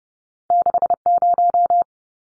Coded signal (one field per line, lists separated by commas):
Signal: Morse code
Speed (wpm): 30 wpm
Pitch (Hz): 700 Hz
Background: none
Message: 60